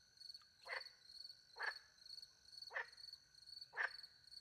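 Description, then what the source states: Frog calling with four short croaks about one second apart, while crickets trill steadily in the background. Frogs with crickets at night in the countryside by a small pond, France; microphones hidden in a tree; two Usi pro microphones into a Mixpre 10 II recorder.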